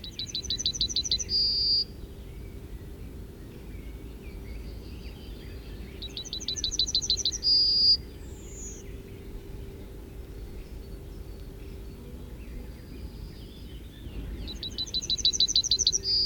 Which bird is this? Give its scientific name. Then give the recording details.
Emberiza citrinella. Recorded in the wild. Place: Ventschow, Mecklenburg-Vorpommern, DE. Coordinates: 53.786, 11.576. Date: 1972-06-14. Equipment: Nagra III BH, Sennheiser MD 21, parabola. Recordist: Schubert, Michael. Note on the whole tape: Gesang Goldammer, 2 Strophenformen